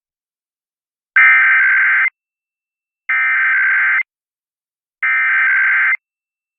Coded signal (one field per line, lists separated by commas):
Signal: Emergency Alert System (SAME) tones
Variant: header bursts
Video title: [EAS #2183-2217] Compilation of Alerts from the week of 2/20/23